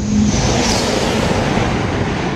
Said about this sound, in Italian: pensando per esempio al Maglev, io ho preso quello che da Shanghai porta all'aeroporto di Pudong. Il Maglev è quel treno che corre su un cuscinetto magnetico. E tra l'altro mi pare il caso di farvelo sentire un attimo.